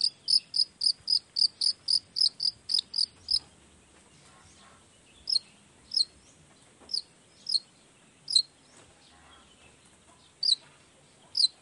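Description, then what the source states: Long-tailed shrike giving a fast series of sharp high chirps, then slower single chirps every second or so. Shrike in full song in the morning, used to stimulate lazy, silent shrikes to start singing; 'toet toet' sound variation.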